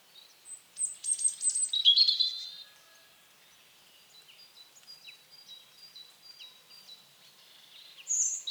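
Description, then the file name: European robin: high bird song with sharp clicks and a bright warble, then faint thin notes during a quiet stretch before a brief loud note at the end. "Erithacus rubecula"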